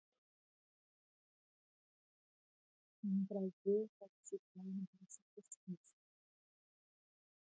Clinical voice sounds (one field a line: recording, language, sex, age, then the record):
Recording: spoken sentence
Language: Brazilian Portuguese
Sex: female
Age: 50 to 59 years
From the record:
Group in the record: control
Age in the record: 58 years